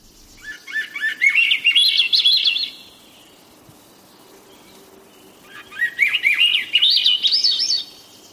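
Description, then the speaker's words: Swainson's thrush song: two flutey phrases, each a quick series of breathy notes spiraling steadily upward in pitch, separated by a few seconds of quiet. Heard in late spring in forests of the north and west; the song is described as melodious and spiraling. "If you're lucky, in late spring in the forests of the north and west, you'll hear the melodious spiraling song of the Swainson's thrush."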